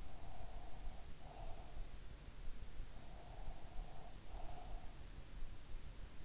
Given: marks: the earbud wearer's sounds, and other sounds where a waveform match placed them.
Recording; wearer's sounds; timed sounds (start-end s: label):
sounds in sleep by an in-ear microphone; breath
0.13-1.89 s: breath
3.04-5.32 s: breath